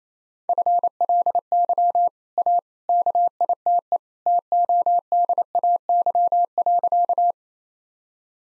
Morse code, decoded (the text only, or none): FLY A KITE TODAY.